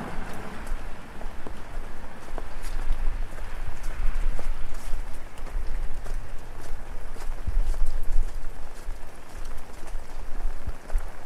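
Rain patters steadily on an umbrella while walking through a busy city street at night. The drops form a dense, even hiss with frequent brighter taps scattered throughout, over a low rumble of traffic that swells slightly in the middle of the clip.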